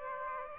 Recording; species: mosquito wingbeat signal from an infrared sensor; Aedes aegypti